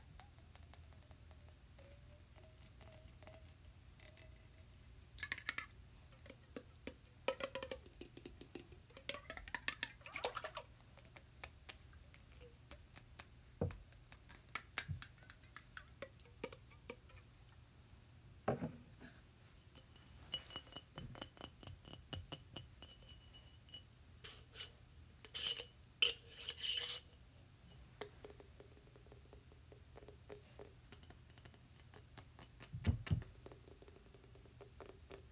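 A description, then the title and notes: Quiet tapping and scratching on glass, with irregular clusters of sharp clicks and brief bright rings every second or two. Some taps leave short clear tones hanging, while a low steady hum sits underneath throughout. 𝑔𝑙𝑎𝑠𝑠 𝐴𝑆𝑀𝑅 ( 𝑛𝑜 𝑡𝑎𝑙𝑘𝑖𝑛𝑔 ). 𝑔𝑙𝑎𝑠𝑠 𝑎𝑠𝑚𝑟 ・ 𝑡𝑎𝑝𝑝𝑖𝑛𝑔 ・ 𝑠𝑐𝑟𝑎𝑡𝑐ℎ𝑖𝑛𝑔 ・ 𝑙𝑜𝑓𝑖 𝑔𝑙𝑎𝑠𝑠 𝑠𝑜𝑢𝑛𝑑𝑠.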